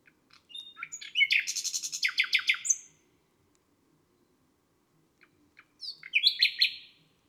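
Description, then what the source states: Nightingale song: scattered clicks lead into a rich, rapid run of harsh chirps and trills, silence, then a second short phrase of mixed high notes. Nightingale recorded on a May night; listed among garden birds.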